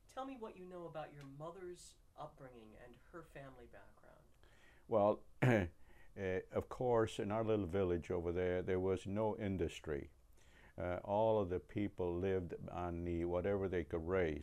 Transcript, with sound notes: Tell me what you know about your mothers up bringing and her family background. [clears throat]
Of course -- in our village over there, there was no industry. All of the people lived on the -- what ever they could raise.